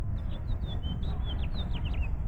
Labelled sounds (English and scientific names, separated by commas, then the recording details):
House Finch (Haemorhous mexicanus) song
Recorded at North Valley Stream on Long Island, New York, on 17 June 1975
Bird E